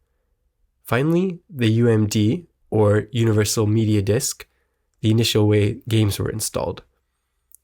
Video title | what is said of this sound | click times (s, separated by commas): 15 Sony PlayStation Portable - Contender | it opens with a satisfying click sound the umd is interesting | 7.6 s